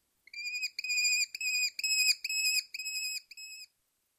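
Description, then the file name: American Kestrel giving a series of several drawn-out notes, evenly spaced, then falling silent. "2001-05-04 American Kestrel"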